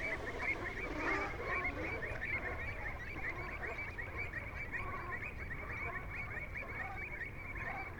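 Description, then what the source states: Dark-bellied brent goose: dark-bellied brent geese calling together, a steady babble of rolling rrrot notes from many birds, with low rumbling background noise. "Rrrot" calls, then taking flight.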